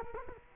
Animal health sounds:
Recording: mosquito wingbeat signal from an infrared sensor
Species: Culex quinquefasciatus

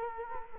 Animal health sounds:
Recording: mosquito wingbeat signal from an infrared sensor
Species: Culex quinquefasciatus

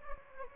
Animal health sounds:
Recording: mosquito wingbeat signal from an infrared sensor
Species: Anopheles gambiae

